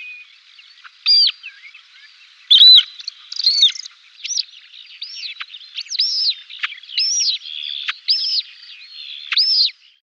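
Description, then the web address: Montagu's harrier giving thin, high whistled notes that rise and fall, repeated many times. "cieacasadecampo. Canto aguilucho cenizo"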